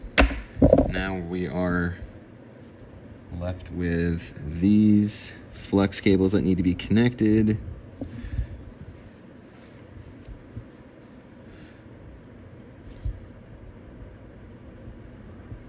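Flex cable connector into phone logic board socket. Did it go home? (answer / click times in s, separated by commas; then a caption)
no / none. A flex cable connector is handled over its socket on an iPhone 8 (SE 2020) logic board during a charging port replacement. Someone talks through the first half, followed by faint small handling ticks and low background noise. Nothing has seated or clicked yet.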